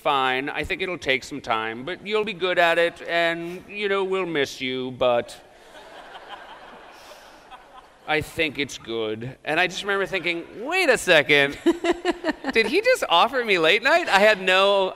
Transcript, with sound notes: I think it'll take some time, but you'll be good at it. And you know, we'll miss you, but...
(LAUGHTER)
I think it's good. And I just remember thinking, wait a second.
(LAUGHTER)
Did he just offer me "Late Night"?